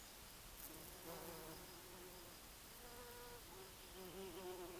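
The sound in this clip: Bumblebee buzzing, a low humming drone that comes and goes in pitch, fading in and out over a faint background hiss.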